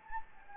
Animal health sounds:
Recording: mosquito wingbeat signal from an infrared sensor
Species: Anopheles gambiae

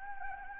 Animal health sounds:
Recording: mosquito wingbeat signal from an infrared sensor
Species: Anopheles arabiensis

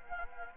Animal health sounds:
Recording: mosquito wingbeat signal from an infrared sensor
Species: Anopheles gambiae

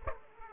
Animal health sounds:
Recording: mosquito wingbeat signal from an infrared sensor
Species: Aedes aegypti

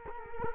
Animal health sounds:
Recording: mosquito wingbeat signal from an infrared sensor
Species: Culex quinquefasciatus

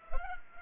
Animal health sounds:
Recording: mosquito wingbeat signal from an infrared sensor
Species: Culex pipiens

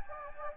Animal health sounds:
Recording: mosquito wingbeat signal from an infrared sensor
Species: Anopheles gambiae

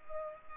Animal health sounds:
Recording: mosquito wingbeat signal from an infrared sensor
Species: Culex pipiens

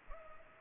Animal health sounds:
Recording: mosquito wingbeat signal from an infrared sensor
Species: Culex pipiens

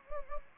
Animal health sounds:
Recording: mosquito wingbeat signal from an infrared sensor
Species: Anopheles gambiae

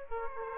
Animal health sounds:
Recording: mosquito wingbeat signal from an infrared sensor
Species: Aedes aegypti

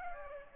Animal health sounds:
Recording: mosquito wingbeat signal from an infrared sensor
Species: Aedes aegypti

